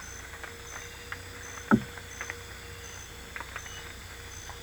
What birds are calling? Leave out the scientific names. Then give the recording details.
none. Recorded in dense forest near Puerto Asís, Putumayo, Colombia, on 22 December 2024 at 21:30. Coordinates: 0.486, -76.317. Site G003